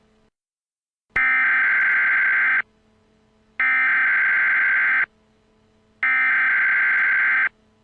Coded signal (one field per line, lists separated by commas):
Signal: Emergency Alert System (SAME) tones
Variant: header bursts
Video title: Zombie EAS Alert: Zombie Army